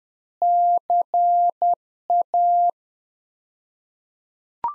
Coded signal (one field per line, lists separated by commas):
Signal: Morse code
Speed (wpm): 10 wpm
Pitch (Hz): 700 Hz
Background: none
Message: CA